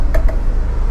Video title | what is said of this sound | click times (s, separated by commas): NEW FLOOR PLAN - Midas 24 BT | there's a little magnet on the door that will lock into place | 0.1 s